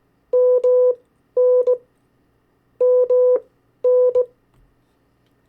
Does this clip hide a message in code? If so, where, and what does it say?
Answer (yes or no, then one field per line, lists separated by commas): yes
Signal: Morse code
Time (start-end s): 0.3-4.2 s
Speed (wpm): 18 wpm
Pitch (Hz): 500 Hz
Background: none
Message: MN MN